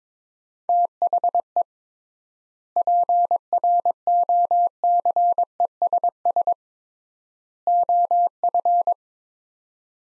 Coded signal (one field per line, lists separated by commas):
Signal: Morse code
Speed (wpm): 21 wpm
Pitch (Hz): 700 Hz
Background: none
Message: THE PROCESS OF